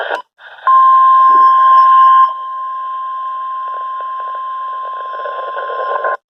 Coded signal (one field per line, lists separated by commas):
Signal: Emergency Alert System (SAME) tones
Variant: 1050 Hz attention tone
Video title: EAS/NWR Alert #38-39 - First Required Weekly Test of November for NWR.